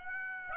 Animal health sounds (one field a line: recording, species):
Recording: mosquito wingbeat signal from an infrared sensor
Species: Aedes aegypti